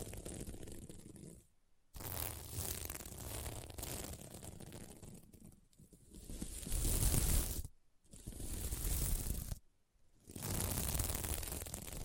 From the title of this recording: SequinMermaid Pillow Scratching Sounds